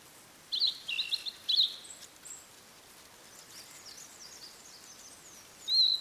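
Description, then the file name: Blue-and-white flycatcher song: three loud clear whistled notes in quick succession, a quiet spell with faint chirps, then a final sharp whistle. "oruri"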